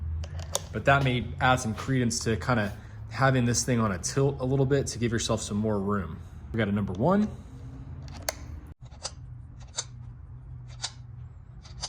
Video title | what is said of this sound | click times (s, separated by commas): BITMAG Bit Holder - Fast & Easy Bit Change! | Very satisfying. You can hear them click into place. | 8.3 s, 9.1 s, 9.8 s, 10.9 s